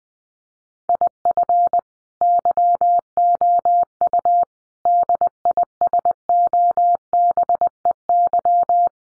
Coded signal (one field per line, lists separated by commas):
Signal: Morse code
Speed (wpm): 20 wpm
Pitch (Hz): 700 Hz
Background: none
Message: IF YOU DISOBEY